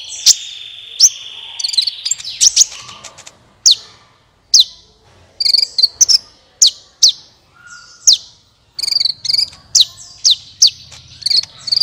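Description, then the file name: Van Hasselt's Sunbird song: sharp, high downslurred chips and bright twitters scattered throughout, with a steady high whine through the first two seconds. "suara kolibri ninja"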